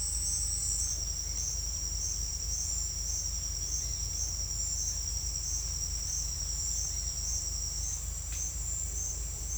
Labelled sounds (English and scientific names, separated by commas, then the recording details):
none
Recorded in secondary vegetation near Puerto Asís, Putumayo, Colombia, on 18 December 2024 at 08:30
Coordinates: 0.481, -76.318
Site G042